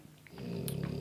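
A puppy asleep nearby snores very loudly: a low, rumbling snore that builds over about a second from a quiet start and holds steady toward the end, with little high-pitched content. It is ordinary snoring in sleep, not a sign of distress.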